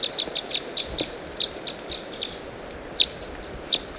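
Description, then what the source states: Red crossbill giving short, clipped kip flight calls, quick in the first half, then sparser, with two louder notes near the end; faint rumbling background. Red crossbill of call type S, giving flight calls.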